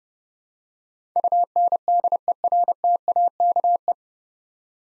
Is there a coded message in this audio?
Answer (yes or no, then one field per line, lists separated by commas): yes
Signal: Morse code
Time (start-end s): 1.2-3.9 s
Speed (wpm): 30 wpm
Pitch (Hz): 700 Hz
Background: none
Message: UNDERTAKE